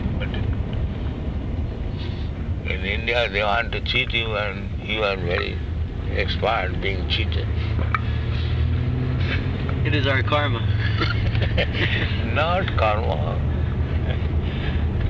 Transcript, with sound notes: But in India they want to cheat you, and you are very expert, being cheated.
It is our karma. [laughter]
Not karma.